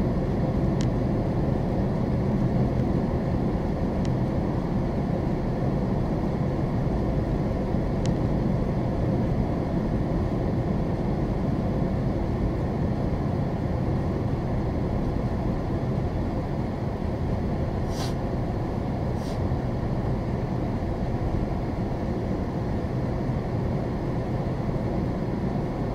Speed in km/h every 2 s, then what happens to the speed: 42, 40, 37, 37, 37, 37, 34, 29, 27, 24, 26, 29, 32.
0-11 steady at about 37. 11-17 slows to 24.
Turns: none.